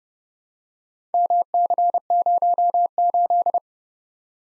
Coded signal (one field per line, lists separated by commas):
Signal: Morse code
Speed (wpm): 30 wpm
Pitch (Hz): 700 Hz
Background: none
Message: MC08